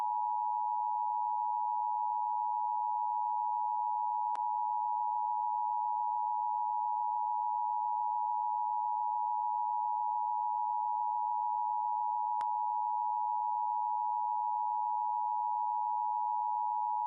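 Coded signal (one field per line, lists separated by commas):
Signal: Emergency Alert System (SAME) tones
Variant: 853 and 960 Hz attention tone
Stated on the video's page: Fake EAS scenario.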